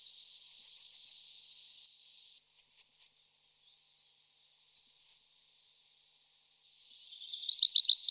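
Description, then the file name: Grey wagtail giving sharp, high ticking notes in quick bursts of several, with pauses between groups and a denser, rapid run of notes at the end. "Tryasoguzka gornaya"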